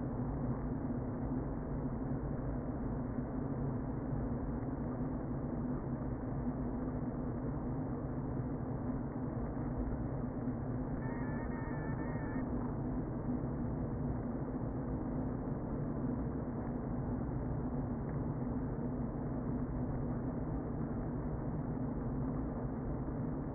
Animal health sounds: honeybee colony, microphone inside the hive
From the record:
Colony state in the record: queen present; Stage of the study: before two queens were removed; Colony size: about 60,000 bees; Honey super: yes

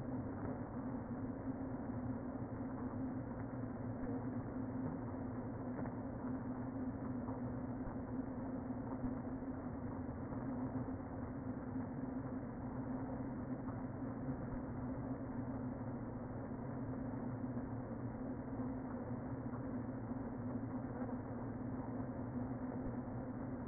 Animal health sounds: honeybee colony, microphone inside the hive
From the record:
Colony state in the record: queen present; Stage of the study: before two queens were removed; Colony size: about 60,000 bees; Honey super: yes

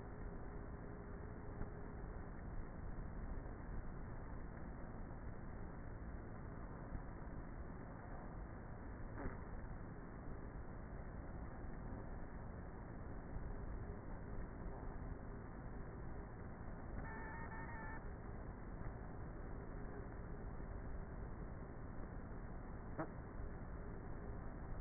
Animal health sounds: honeybee colony, microphone inside the hive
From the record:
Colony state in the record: queenless with a low population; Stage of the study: before two queens were removed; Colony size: about 30,000 bees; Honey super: no

